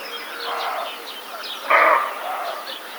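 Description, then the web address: Roe deer gives a single loud harsh bark after softer calls, while small birds chirp in the background. "wroblowe kolekcja capreolus capreolus"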